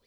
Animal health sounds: pig call; piglet (1 to 25 days)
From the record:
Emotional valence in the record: positive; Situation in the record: short reunion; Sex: male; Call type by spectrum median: high-frequency call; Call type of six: low-frequency tonal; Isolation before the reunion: 3 minutes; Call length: 0.07 s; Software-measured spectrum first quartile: 672 Hz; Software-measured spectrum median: 2604 Hz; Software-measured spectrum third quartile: 6003 Hz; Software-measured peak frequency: 475 Hz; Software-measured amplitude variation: 17 dB a second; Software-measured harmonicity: 2.8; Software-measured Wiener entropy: -1.62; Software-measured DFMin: 619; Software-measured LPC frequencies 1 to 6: 517, 1692, 2313, 3422, 4217, 4730 Hz

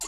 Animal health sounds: pig call; weaner (32 to 43 days)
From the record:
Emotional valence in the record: negative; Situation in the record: long isolation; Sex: female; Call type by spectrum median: high-frequency call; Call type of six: high-frequency stable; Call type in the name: high-frequency stable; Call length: 0.07 s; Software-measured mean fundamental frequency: 2788 Hz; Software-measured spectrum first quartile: 2765 Hz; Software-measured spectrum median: 6220 Hz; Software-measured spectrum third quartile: 7707 Hz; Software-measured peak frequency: 7252 Hz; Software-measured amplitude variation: 44 dB a second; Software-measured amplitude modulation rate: 6.9 a second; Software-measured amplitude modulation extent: 6.4 dB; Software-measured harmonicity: 1.4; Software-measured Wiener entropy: -1.60

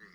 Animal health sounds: pig call; piglet (1 to 25 days)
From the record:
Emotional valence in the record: positive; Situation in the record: reunion after long isolation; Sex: male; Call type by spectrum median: low-frequency call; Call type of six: low-frequency tonal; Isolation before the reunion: 8 minutes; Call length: 0.15 s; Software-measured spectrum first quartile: 482 Hz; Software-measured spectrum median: 1546 Hz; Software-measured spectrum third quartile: 1983 Hz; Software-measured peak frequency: 1882 Hz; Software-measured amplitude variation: 92 dB a second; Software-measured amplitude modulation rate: 13.6 a second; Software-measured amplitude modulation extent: 6.7 dB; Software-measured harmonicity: 4.2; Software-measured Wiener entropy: -1.30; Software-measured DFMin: 874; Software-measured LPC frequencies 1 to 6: 1869, 4073, 4825, 5417, 6595, 9018 Hz

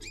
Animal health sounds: pig call; weaner (32 to 43 days)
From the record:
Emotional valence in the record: negative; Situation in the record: novel object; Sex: female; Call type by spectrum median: high-frequency call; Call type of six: high-frequency stable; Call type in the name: high-frequency stable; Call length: 0.10 s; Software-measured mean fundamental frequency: 277 Hz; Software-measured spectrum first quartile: 1131 Hz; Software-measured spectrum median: 2621 Hz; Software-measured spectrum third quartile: 5494 Hz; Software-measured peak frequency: 2445 Hz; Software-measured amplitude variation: 71 dB a second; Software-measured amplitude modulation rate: 9.5 a second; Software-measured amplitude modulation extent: 7.5 dB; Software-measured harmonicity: 8.3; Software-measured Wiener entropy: -2.69

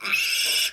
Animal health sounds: pig call; piglet (1 to 25 days)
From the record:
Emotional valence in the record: negative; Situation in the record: castration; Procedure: castration, shear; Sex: male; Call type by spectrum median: high-frequency call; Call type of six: high-frequency modulated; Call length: 0.73 s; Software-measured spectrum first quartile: 2711 Hz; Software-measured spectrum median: 3945 Hz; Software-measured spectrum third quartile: 6425 Hz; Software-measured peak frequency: 2587 Hz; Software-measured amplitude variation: 116 dB a second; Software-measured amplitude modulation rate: 24.0 a second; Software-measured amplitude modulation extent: 4.8 dB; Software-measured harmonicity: 4.0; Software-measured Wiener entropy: -2.20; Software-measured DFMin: 985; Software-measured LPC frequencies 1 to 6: 1416, 2733, 3494, 5344, 6277, 8205 Hz

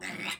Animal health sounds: pig call; piglet (1 to 25 days)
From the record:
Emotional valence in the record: negative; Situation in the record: restrain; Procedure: sham castration, cut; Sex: male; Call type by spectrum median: low-frequency call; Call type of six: mixed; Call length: 0.39 s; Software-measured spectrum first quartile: 1406 Hz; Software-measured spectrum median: 2292 Hz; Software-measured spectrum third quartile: 3645 Hz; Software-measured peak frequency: 2231 Hz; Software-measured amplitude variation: 152 dB a second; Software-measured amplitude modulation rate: 21.7 a second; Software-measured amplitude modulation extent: 7.0 dB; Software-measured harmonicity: 2.0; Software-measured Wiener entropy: -1.26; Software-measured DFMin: 829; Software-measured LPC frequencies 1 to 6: 933, 2113, 2735, 3803, 4760, 5348 Hz

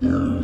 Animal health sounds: pig call; growing-finishing pig (85 days or more)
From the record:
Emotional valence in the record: negative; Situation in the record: barren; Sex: male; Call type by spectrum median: low-frequency call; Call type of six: low-frequency modulated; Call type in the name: low-frequency modulated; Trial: 2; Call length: 0.45 s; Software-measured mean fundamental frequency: 53 Hz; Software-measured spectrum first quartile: 181 Hz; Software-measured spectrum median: 261 Hz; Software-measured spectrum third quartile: 376 Hz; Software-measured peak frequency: 262 Hz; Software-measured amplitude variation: 146 dB a second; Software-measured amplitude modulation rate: 30.2 a second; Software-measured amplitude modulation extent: 4.8 dB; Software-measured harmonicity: 3.6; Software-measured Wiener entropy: -0.95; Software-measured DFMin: 976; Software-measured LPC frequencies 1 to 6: 292, 1346, 2770, 3340, 4744, 5529 Hz

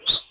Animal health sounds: pig call; piglet (1 to 25 days)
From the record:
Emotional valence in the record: negative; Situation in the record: castration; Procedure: castration, cut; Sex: male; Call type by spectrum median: high-frequency call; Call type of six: high-frequency modulated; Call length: 0.31 s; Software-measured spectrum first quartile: 3713 Hz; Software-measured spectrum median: 3976 Hz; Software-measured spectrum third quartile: 5962 Hz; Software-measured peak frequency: 3824 Hz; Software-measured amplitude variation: 238 dB a second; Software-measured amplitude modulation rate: 4.8 a second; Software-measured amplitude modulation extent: 49.1 dB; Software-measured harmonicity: 12.3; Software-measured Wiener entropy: -2.90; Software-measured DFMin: 755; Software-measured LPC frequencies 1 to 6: 1250, 3815, 4447, 6414, 7747, 8814 Hz

